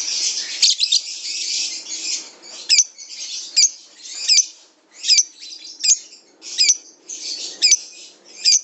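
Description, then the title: Lovebird song: shrill high chattering with sharp, sweeping squeaks repeated roughly every second over a steady twittering background. Bird training sounds (masteran) for lovebirds. "MASTERAN BURUNG 2. LoveBird"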